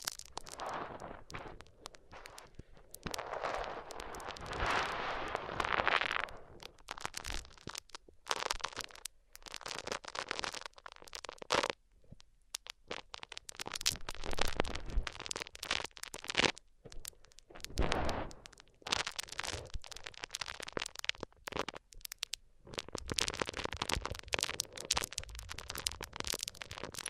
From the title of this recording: Rubbing Mics On Different Surfaces